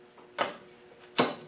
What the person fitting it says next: There. You heard it click? Right.